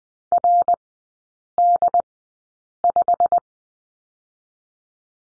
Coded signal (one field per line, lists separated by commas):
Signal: Morse code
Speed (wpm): 20 wpm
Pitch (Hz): 700 Hz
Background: none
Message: RD5